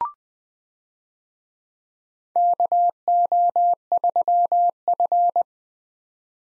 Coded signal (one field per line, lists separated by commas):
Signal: Morse code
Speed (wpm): 20 wpm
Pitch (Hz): 700 Hz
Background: none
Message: KO3F